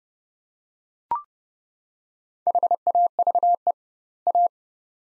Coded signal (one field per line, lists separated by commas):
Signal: Morse code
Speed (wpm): 30 wpm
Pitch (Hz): 700 Hz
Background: none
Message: HAVE A